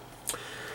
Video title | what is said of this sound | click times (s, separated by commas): NECA Predator Jungle Hunter Unmasked Predator 30th Anniversary Figure - @TheReviewSpot | kind of push the other tab forward until you get a nice satisfying not quite satisfying click but definitely you get the feeling that it's in the right place | 0.3 s